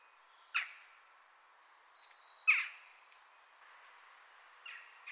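Jackdaw calls, a few crisp 'kya' notes spaced about two seconds apart.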